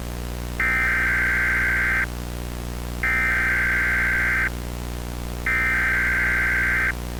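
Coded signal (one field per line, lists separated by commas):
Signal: Emergency Alert System (SAME) tones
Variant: header bursts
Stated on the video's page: Fan-made fictional EAS scenario, not intended for broadcast.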